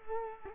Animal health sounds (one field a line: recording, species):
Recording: mosquito wingbeat signal from an infrared sensor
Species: Culex quinquefasciatus